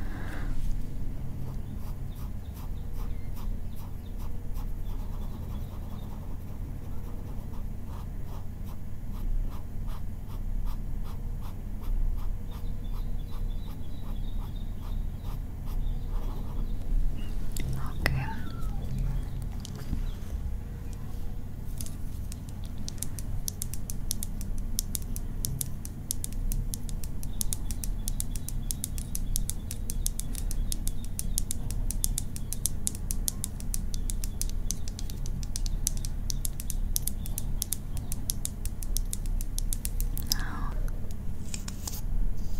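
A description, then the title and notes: Soft brushing and eyelash combing make dense, rapid scratchy strokes over a steady low hum, growing busier after about twenty seconds. Brushing, iPad makeup, eyelash combing.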